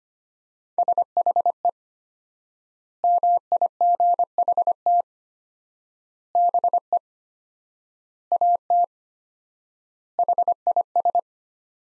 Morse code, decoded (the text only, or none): SHE MIGHT BE AT HIS